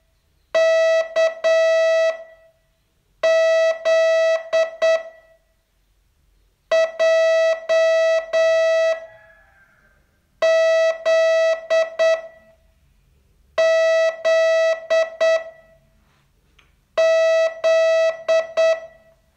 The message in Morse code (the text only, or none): K Z J Z Z Z